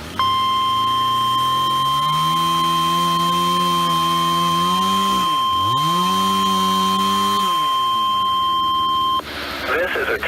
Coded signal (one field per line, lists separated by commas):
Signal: Emergency Alert System (SAME) tones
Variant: 1050 Hz attention tone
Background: speech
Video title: NOAA Required Weekly Tests (EAS #962-963)